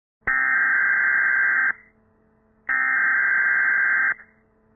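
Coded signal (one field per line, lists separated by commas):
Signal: Emergency Alert System (SAME) tones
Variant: header bursts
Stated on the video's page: Fictional EAS scenario about a nuclear power plant; simulated alert tones.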